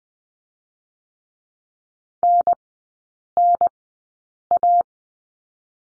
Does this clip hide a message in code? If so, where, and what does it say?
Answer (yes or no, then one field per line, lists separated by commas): yes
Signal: Morse code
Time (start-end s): 2.2-4.8 s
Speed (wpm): 20 wpm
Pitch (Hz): 700 Hz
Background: none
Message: NNA